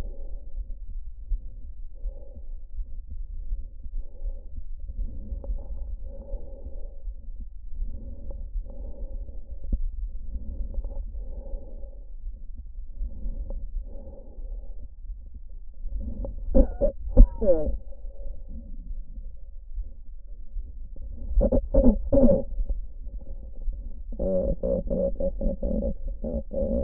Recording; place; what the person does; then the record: lung sounds by stethoscope; trachea; quiet breathing, then cough and speech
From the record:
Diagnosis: COPD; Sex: female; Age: 72 years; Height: 156 cm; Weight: 72 kg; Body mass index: 29.6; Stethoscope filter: diaphragm mode